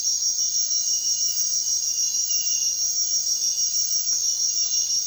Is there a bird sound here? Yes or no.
no